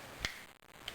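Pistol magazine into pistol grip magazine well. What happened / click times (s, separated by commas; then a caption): The magazine latched into place / 0.2 s. A metal magazine is pushed into the polymer grip magazine well of a Smith & Wesson M&P 45 (.45ACP) pistol until the catch engages, seating with a crisp click at 0.3 s. The magazine slides out more slowly than a Glock's, and a softer tick follows near 0.9 s.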